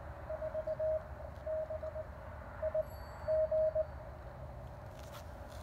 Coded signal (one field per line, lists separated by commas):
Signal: Morse code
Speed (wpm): 21 wpm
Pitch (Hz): 630 Hz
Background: radio noise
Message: 4BIG